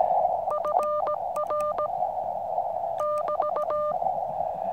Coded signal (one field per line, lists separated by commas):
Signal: Morse code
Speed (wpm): 17 wpm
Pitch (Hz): 600 Hz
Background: none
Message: FR <BT>